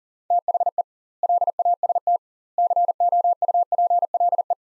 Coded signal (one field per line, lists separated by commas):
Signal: Morse code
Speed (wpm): 40 wpm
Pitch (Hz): 700 Hz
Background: none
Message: THE LAST COUPLE